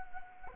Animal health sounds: mosquito wingbeat signal from an infrared sensor; Anopheles gambiae

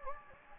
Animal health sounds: mosquito wingbeat signal from an infrared sensor; Anopheles gambiae

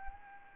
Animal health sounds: mosquito wingbeat signal from an infrared sensor; Anopheles arabiensis

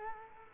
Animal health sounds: mosquito wingbeat signal from an infrared sensor; Culex quinquefasciatus

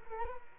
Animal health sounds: mosquito wingbeat signal from an infrared sensor; Culex quinquefasciatus

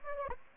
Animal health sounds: mosquito wingbeat signal from an infrared sensor; Anopheles gambiae

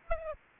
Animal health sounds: mosquito wingbeat signal from an infrared sensor; Aedes aegypti

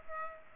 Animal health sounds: mosquito wingbeat signal from an infrared sensor; Culex pipiens

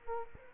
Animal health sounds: mosquito wingbeat signal from an infrared sensor; Culex quinquefasciatus

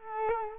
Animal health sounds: mosquito wingbeat signal from an infrared sensor; Culex quinquefasciatus

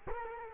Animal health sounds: mosquito wingbeat signal from an infrared sensor; Culex quinquefasciatus

